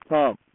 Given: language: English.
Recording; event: throat vibration sensor signal played as sound; speech